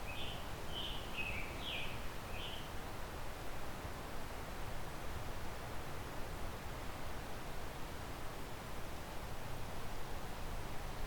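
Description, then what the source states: Scarlet Tanager song: a few short, hoarse, burry phrases in quick succession at the start, then only steady low rumble and hiss. Male singing loudly directly behind the recordist in a very hilly conservation area (…Park Conservation Area), on a late May afternoon; probably on territory for about a week.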